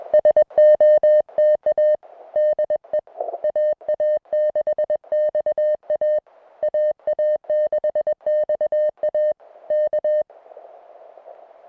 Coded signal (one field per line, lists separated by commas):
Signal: Morse code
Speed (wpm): 20 wpm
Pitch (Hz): 610 Hz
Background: music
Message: SOTA DE AA6XA AA6XA K